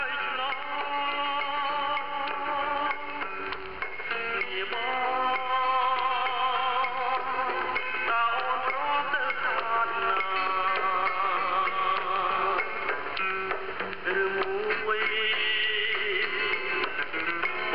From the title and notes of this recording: Cambodia - music on shortwave radio. Cambodia Music (male singing with ensemble) heard on shortwave radio in Siem Reap, Cambodia.